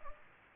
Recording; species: mosquito wingbeat signal from an infrared sensor; Culex pipiens